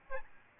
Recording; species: mosquito wingbeat signal from an infrared sensor; Aedes albopictus